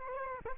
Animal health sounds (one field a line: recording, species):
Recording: mosquito wingbeat signal from an infrared sensor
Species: Culex quinquefasciatus